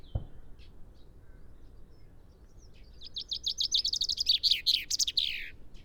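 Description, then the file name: Common chaffinch singing one phrase: repeated sharp notes building into a loud trill with a falling final flourish, preceded by a brief knock. "Fringilla coelebs"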